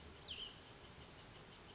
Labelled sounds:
Cassin's Vireo (Vireo cassinii)
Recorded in Sonoma County, California

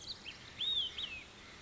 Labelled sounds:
Olive-sided Flycatcher (Contopus cooperi)
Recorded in Sonoma County, California

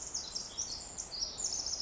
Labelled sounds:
Pacific Wren (Troglodytes pacificus)
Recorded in Sonoma County, California

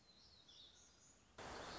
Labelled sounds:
Black-throated Gray Warbler (Setophaga nigrescens)
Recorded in Sonoma County, California

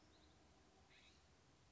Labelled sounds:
California Scrub-Jay (Aphelocoma californica)
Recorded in Sonoma County, California

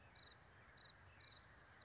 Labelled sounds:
California Towhee (Melozone crissalis)
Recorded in Sonoma County, California

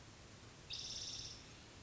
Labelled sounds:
Spotted Towhee (Pipilo maculatus)
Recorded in Sonoma County, California

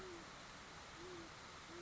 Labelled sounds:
Great Horned Owl (Bubo virginianus)
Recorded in Sonoma County, California

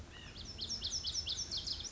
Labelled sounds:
Lazuli Bunting (Passerina amoena)
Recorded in Sonoma County, California

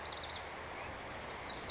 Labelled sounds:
Lazuli Bunting (Passerina amoena)
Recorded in Sonoma County, California

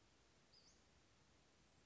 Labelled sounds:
Western Flycatcher (Empidonax difficilis)
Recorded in Sonoma County, California

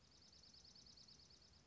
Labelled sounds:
Dark-eyed Junco (Junco hyemalis)
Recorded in Sonoma County, California

